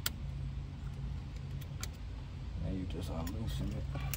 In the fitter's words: Flat blade to just push it in place. You'll hear it click.